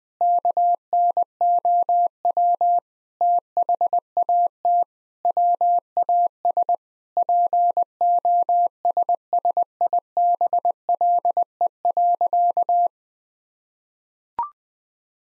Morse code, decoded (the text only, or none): KNOW THAT WAS POSSIBLE.